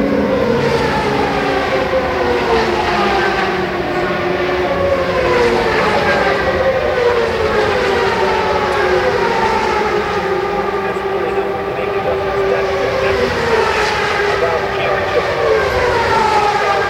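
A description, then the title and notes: IndyCar engines roar continuously at high volume, many overlapping whining pitches rising and falling as cars stream past together over a low rumble. The Sounds of Fontana IndyCar, 1998. The CART IndyCar Series event on the Fontana superspeedway. The mighty 2.65-liter turbocharged V8s that made thrilling speed and sounds at the event.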